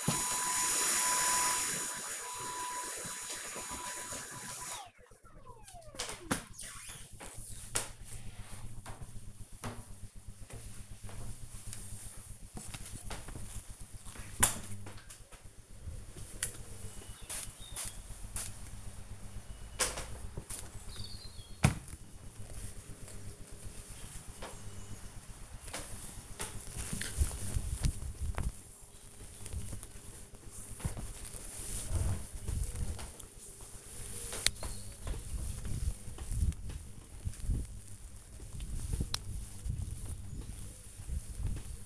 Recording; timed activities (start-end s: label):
household activities, microphone on the right wrist
0.00-4.22 s: vacuum cleaning
13.28-41.86 s: window cleaning